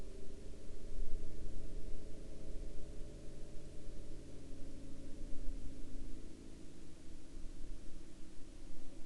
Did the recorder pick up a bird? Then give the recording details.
no. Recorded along the Dempster Highway, Canada, on 10 October 2019 at 10:44. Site 23